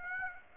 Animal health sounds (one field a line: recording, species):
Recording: mosquito wingbeat signal from an infrared sensor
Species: Aedes aegypti